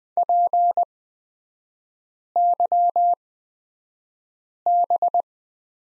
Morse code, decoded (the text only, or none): PYB